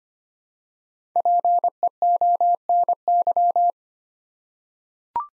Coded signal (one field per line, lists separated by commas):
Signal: Morse code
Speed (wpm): 25 wpm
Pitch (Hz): 700 Hz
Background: none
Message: PEONY